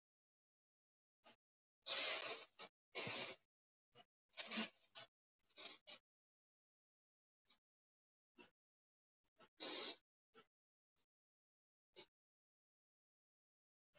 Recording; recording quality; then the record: shallow breathing; excellent, no background noise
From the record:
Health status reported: exposed to COVID-19, no respiratory illness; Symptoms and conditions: none ticked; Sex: male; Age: 45 years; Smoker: not ticked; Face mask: not worn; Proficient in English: yes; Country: India